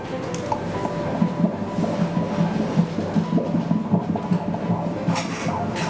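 Rapid, steady whooshing pulses from a Doppler ultrasound at about 150 beats a minute, with a low hum behind them. This is a normal fetal heartbeat heard during a prenatal ultrasound, beating about twice as fast as an adult's, at a normal rate.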